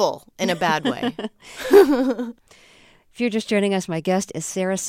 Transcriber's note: soundbite of laughter